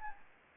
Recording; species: mosquito wingbeat signal from an infrared sensor; Anopheles gambiae